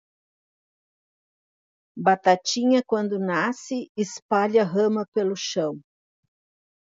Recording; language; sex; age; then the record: short text; Brazilian Portuguese; female; 60 to 69 years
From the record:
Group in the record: control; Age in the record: 64 years